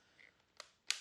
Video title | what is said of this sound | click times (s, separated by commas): BEST Budget DI Spotless Tank Systems - Vevor - Spotbye - Deionization | we click into backwash, we click out of backwash, | 0.9 s